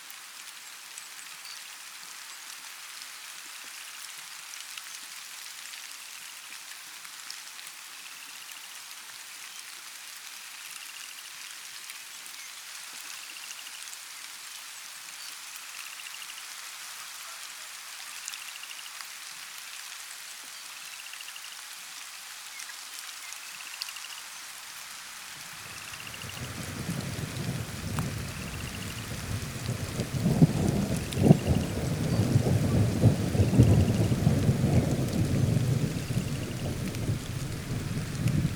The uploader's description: These sounds feature birds, frogs, and weather such as rain, wind and thunder.